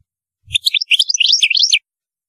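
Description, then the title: European goldfinch song: one brief, quick burst of bright twittering notes after a soft thump. "Chant Chardonneret"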